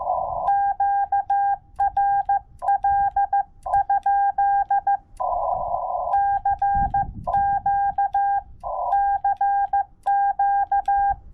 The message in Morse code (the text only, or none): QRL? CQ CQ